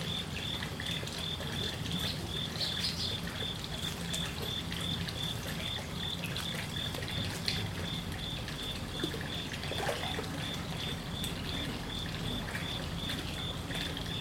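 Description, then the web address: Cricket chirping steadily in quick pulses across the whole stretch, with trickling water, a brief bird-like twitter and occasional clicks. Crickets at a koi pond. "lynne-publishing Koi Pond With Crickets"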